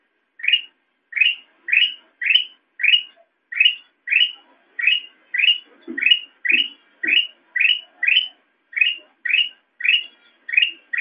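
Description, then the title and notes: Sooty-headed bulbul repeating one short upslurred chirp about twice a second in a steady, even series. Recording made for training songbirds (masteran). "suara burung kutilang buat masteran"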